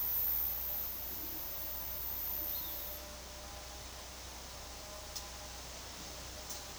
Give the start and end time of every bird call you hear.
[2.47, 3.15] Rupornis magnirostris

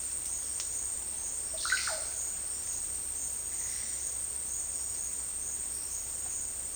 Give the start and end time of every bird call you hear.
[1.51, 2.08] Psarocolius bifasciatus

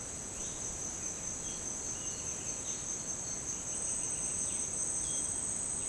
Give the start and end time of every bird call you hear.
[0.33, 5.89] Arremonops conirostris

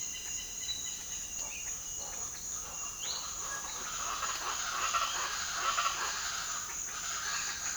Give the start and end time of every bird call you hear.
[0.00, 1.76] Vanellus chilensis
[1.84, 7.76] Ortalis guttata

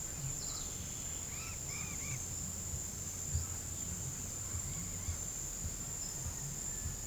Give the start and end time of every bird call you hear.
[0.16, 1.26] Troglodytes aedon
[1.20, 2.26] Cacicus cela

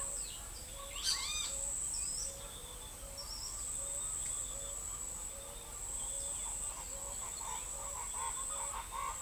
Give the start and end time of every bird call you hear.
[0.00, 9.22] Zenaida auriculata
[0.96, 1.46] Pitangus sulphuratus
[1.93, 2.25] Tolmomyias flaviventris
[3.15, 3.53] Tolmomyias flaviventris
[6.33, 9.22] Ortalis garrula

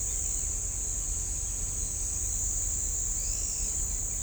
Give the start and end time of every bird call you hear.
[3.19, 3.75] Atalotriccus pilaris

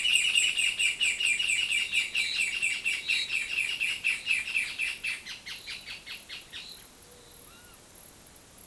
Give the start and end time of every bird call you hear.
[0.00, 6.75] Furnarius leucopus

